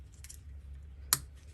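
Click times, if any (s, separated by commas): 1.1 s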